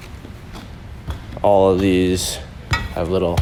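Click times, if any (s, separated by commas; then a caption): 1.1 s. In a 2022 Forest River XLR Boost 35DSX11 RV, after the pin clips are pushed in, a sliding furniture panel is slid into its bottom floor connection until its small metal foot clicks into place at 1.1 s. Someone talks over the brief sharp click, and the foot is seated.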